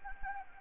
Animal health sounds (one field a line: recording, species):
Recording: mosquito wingbeat signal from an infrared sensor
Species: Anopheles gambiae